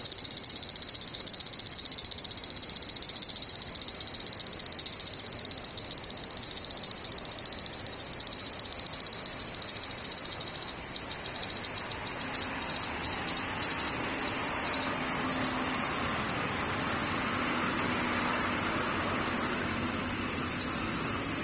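Cicadas drone without a break, a dense, bright, steady shrill that holds the same pitch for the whole recording. About halfway through, a softer, lower rushing sound joins underneath, with a faint low hum, while the insect chorus continues unchanged.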